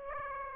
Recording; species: mosquito wingbeat signal from an infrared sensor; Aedes aegypti